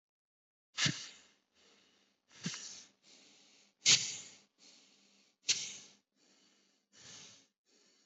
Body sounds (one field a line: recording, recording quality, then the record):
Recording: shallow breathing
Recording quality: excellent, no background noise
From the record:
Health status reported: exposed to COVID-19, no respiratory illness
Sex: male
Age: 26 years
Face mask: not worn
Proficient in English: yes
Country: India